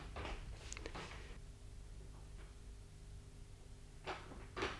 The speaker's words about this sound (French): Une autre porte s'ouvre et Jacques paraît.